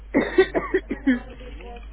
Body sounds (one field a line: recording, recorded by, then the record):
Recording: voluntary cough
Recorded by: telephone call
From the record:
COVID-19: positive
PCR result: checked with the laboratory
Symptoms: yes